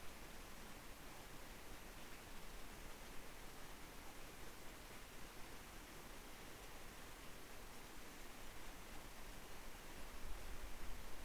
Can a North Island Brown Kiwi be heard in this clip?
no